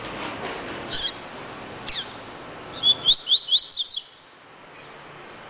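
Double-collared seedeater song: a quick burst of sharp, rising high notes in a tight series.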